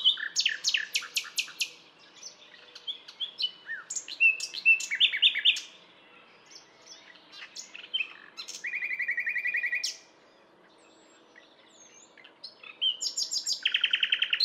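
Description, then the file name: Common nightingale song of rapid repeated clicks and chirps, a buzzy sustained trill of about a second, then after a pause another rapid rattling phrase. "Luscinia megarhynchos"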